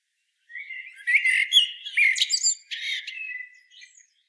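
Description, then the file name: Common blackbird song: one warbled phrase of fluting notes mixed with high squeaky twitters, growing quieter at the end. "Turdus merula"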